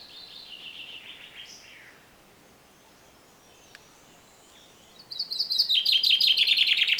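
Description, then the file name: Common chaffinch song: a faint descending phrase early on, a quiet pause, then a loud rapid trill of repeated high notes that runs to the end. "Fringilla coelebs"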